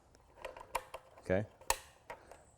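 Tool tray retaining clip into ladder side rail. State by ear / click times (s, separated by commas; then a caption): seated / 1.7 s. A tool tray sits on the bottom of a ladder side rail, and its retaining clip on the second side is slid back into place. There are a few light taps and a short spoken word, then a sharp click at 1.7 s. The clip is seated and locked into the rail, with someone talking.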